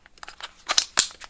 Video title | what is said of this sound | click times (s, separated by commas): Best Long Range Walkie Talkies on Amazon under $40! Seodon Two Way Radio Review 2023 | and then it clicks into place | 0.8 s, 1.0 s